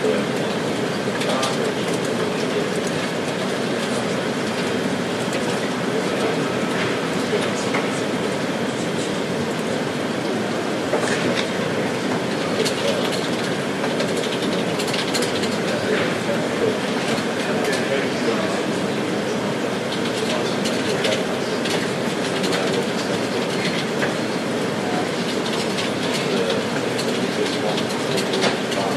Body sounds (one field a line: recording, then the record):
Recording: background sound without coughing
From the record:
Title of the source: Office Sounds Ambience - Background Noise for Study and Work